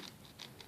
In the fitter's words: It's just, you don't hear that snap, so you're not sure if it's on or not.